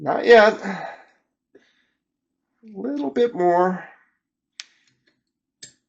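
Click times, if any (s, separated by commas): 4.6 s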